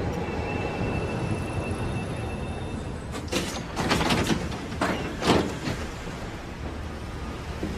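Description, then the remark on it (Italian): A morning tram rumbles steadily along its rails, with a low continuous roar broken midway by a cluster of sharp metallic clacks and brief squeals from the wheels, then settling back to a steady drone. “Ma la sua vita cambia quando un mattino, come tutte le mattine, sul tram vede una ragazza davvero splendida della quale si innamora a prima vista.”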